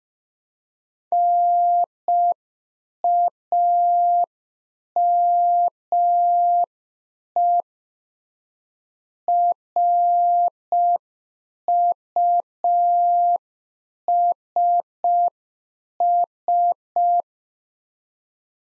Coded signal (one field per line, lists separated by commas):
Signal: Morse code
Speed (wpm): 5 wpm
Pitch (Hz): 700 Hz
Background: none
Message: NAME RUSS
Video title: Practice QSO - Complete One-Sided - 5wpm